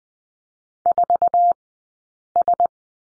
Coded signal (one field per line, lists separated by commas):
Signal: Morse code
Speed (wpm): 20 wpm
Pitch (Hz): 700 Hz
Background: none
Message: 4S